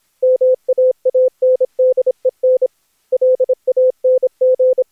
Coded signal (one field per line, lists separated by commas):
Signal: Morse code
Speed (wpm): 26 wpm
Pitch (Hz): 510 Hz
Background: none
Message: MAANDEN LANG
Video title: Daily Minutes, January 1st, 2016, without the Contestia